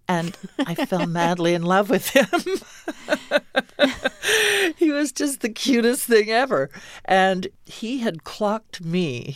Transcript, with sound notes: And I fell madly in love with him.
(LAUGHTER)
He was just the cutest thing ever. And he had clocked me.